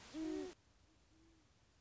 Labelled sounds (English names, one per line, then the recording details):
Great Horned Owl
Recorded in Sonoma County, California